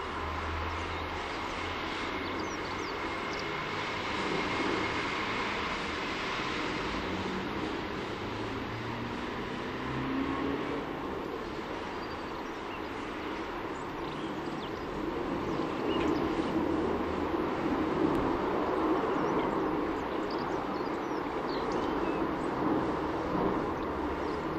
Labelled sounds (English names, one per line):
Dunnock song